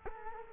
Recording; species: mosquito wingbeat signal from an infrared sensor; Culex quinquefasciatus